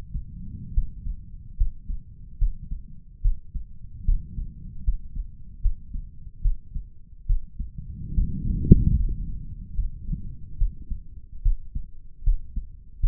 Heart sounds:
heart sounds by stethoscope; 73 bpm
0.73 s: heartbeat
1.57 s: heartbeat
2.38 s: heartbeat
3.21 s: heartbeat
4.05 s: heartbeat
4.84 s: heartbeat
5.61 s: heartbeat
6.41 s: heartbeat
7.26 s: heartbeat
8.14 s: heartbeat
8.95 s: heartbeat
9.74 s: heartbeat
10.57 s: heartbeat
11.42 s: heartbeat
12.23 s: heartbeat
13.00 s: heartbeat
From the record:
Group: healthy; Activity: rest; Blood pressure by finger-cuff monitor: 163/98 mmHg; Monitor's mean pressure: 121 mmHg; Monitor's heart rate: 73 bpm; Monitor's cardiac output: 5.6 L/min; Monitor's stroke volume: 79 mL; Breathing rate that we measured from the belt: 15 breaths a minute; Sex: male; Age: 35 years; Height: 178 cm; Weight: 64 kg

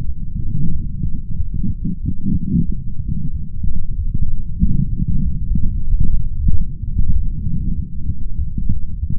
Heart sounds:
heart sounds by stethoscope; 94 bpm
0.06 s: heartbeat
0.72 s: heartbeat
1.36 s: heartbeat
2.01 s: heartbeat
2.66 s: heartbeat
3.31 s: heartbeat
3.96 s: heartbeat
4.60 s: heartbeat
5.24 s: heartbeat
5.87 s: heartbeat
6.50 s: heartbeat
7.13 s: heartbeat
7.76 s: heartbeat
8.38 s: heartbeat
9.00 s: heartbeat
From the record:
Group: healthy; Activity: light exercise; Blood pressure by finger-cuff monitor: 154/124 mmHg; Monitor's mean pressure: 135 mmHg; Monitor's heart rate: 94 bpm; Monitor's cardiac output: 3.9 L/min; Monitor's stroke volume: 42 mL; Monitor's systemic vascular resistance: 2580 dyn s/cm5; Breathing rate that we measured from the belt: 26 breaths a minute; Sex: male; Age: 55 years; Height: 167 cm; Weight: 57.2 kg

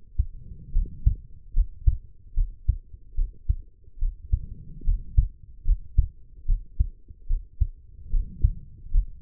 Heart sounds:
heart sounds by stethoscope; 73 bpm
0.72 s: heartbeat
1.53 s: heartbeat
2.34 s: heartbeat
3.15 s: heartbeat
3.99 s: heartbeat
4.84 s: heartbeat
5.64 s: heartbeat
6.45 s: heartbeat
7.27 s: heartbeat
8.10 s: heartbeat
8.91 s: heartbeat
From the record:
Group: healthy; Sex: female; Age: 23 years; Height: 160 cm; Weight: 50.4 kg

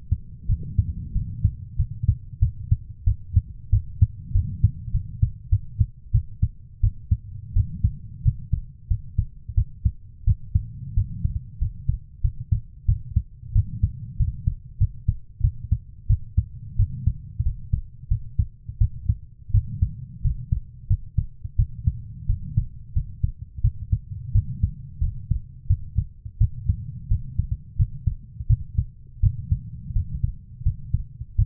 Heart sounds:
heart sounds by stethoscope; 89 bpm
0.46 s: heartbeat
1.12 s: heartbeat
1.76 s: heartbeat
2.39 s: heartbeat
3.04 s: heartbeat
3.70 s: heartbeat
4.32 s: heartbeat
4.91 s: heartbeat
5.49 s: heartbeat
6.12 s: heartbeat
6.81 s: heartbeat
7.54 s: heartbeat
8.23 s: heartbeat
8.88 s: heartbeat
9.55 s: heartbeat
10.25 s: heartbeat
10.94 s: heartbeat
11.59 s: heartbeat
12.21 s: heartbeat
12.86 s: heartbeat
13.53 s: heartbeat
14.17 s: heartbeat
14.78 s: heartbeat
15.41 s: heartbeat
16.07 s: heartbeat
16.76 s: heartbeat
17.43 s: heartbeat
18.08 s: heartbeat
18.78 s: heartbeat
19.51 s: heartbeat
20.22 s: heartbeat
20.87 s: heartbeat
21.56 s: heartbeat
22.27 s: heartbeat
22.93 s: heartbeat
23.61 s: heartbeat
24.32 s: heartbeat
25.01 s: heartbeat
25.67 s: heartbeat
26.38 s: heartbeat
27.08 s: heartbeat
27.77 s: heartbeat
28.47 s: heartbeat
29.20 s: heartbeat
29.93 s: heartbeat
30.63 s: heartbeat
31.36 s: heartbeat
From the record:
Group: healthy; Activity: rest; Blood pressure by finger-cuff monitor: 104/58 mmHg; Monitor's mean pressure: 77 mmHg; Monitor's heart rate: 88 bpm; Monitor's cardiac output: 8.4 L/min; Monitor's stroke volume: 95 mL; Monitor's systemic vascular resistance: 670 dyn s/cm5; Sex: female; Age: 24 years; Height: 163 cm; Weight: 55.7 kg

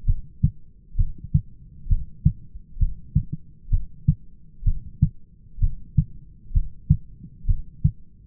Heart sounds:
heart sounds by stethoscope; 65 bpm
0.08 s: heartbeat
0.98 s: heartbeat
1.90 s: heartbeat
2.80 s: heartbeat
3.72 s: heartbeat
4.66 s: heartbeat
5.62 s: heartbeat
6.55 s: heartbeat
7.48 s: heartbeat
From the record:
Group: heart failure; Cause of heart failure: idiopathic cardiomyopathy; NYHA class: 1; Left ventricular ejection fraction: 50%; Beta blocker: bisoprolol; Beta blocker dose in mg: 5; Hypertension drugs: candesartan, spironolactone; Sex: male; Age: 54 years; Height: 180 cm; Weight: 94.6 kg

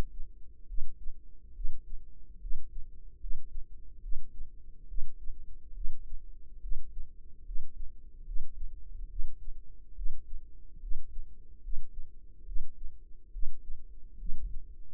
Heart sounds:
heart sounds by microphone in the right ear; 71 bpm
0.66 s: heartbeat
1.52 s: heartbeat
2.39 s: heartbeat
3.18 s: heartbeat
4.00 s: heartbeat
4.86 s: heartbeat
5.72 s: heartbeat
6.59 s: heartbeat
7.43 s: heartbeat
8.23 s: heartbeat
9.07 s: heartbeat
9.93 s: heartbeat
10.79 s: heartbeat
11.60 s: heartbeat
12.44 s: heartbeat
13.30 s: heartbeat
14.17 s: heartbeat
From the record:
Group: healthy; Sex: female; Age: 19 years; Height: 163 cm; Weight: 51 kg

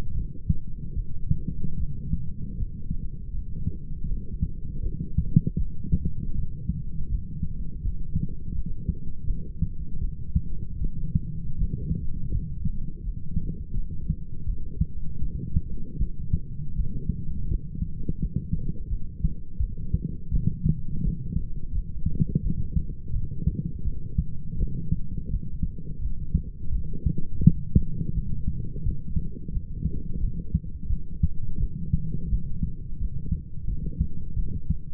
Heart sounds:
heart sounds by stethoscope; 82 bpm
0.13 s: heartbeat
0.94 s: heartbeat
1.77 s: heartbeat
2.56 s: heartbeat
3.32 s: heartbeat
4.07 s: heartbeat
4.81 s: heartbeat
5.57 s: heartbeat
6.34 s: heartbeat
7.09 s: heartbeat
7.82 s: heartbeat
8.53 s: heartbeat
9.26 s: heartbeat
10.00 s: heartbeat
10.79 s: heartbeat
11.57 s: heartbeat
12.31 s: heartbeat
13.02 s: heartbeat
13.73 s: heartbeat
14.45 s: heartbeat
15.20 s: heartbeat
15.98 s: heartbeat
16.75 s: heartbeat
17.48 s: heartbeat
18.19 s: heartbeat
18.88 s: heartbeat
19.58 s: heartbeat
20.30 s: heartbeat
21.02 s: heartbeat
21.72 s: heartbeat
22.41 s: heartbeat
23.11 s: heartbeat
23.83 s: heartbeat
24.57 s: heartbeat
25.30 s: heartbeat
26.00 s: heartbeat
26.71 s: heartbeat
27.42 s: heartbeat
28.14 s: heartbeat
28.83 s: heartbeat
29.51 s: heartbeat
30.19 s: heartbeat
30.88 s: heartbeat
31.58 s: heartbeat
32.29 s: heartbeat
32.98 s: heartbeat
33.66 s: heartbeat
34.35 s: heartbeat
From the record:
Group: healthy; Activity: light exercise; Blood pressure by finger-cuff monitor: 181/82 mmHg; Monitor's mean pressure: 103 mmHg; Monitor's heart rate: 84 bpm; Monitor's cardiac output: 7.6 L/min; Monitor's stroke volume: 92 mL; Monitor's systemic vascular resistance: 1010 dyn s/cm5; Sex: male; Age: 25 years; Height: 170 cm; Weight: 70.4 kg

